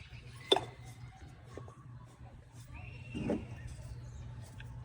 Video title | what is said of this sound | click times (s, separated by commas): How To - Replace/Install/Change Spark Plugs In Your Car - 2016-2021 Honda Civic - DIY | push them until they click | 0.5 s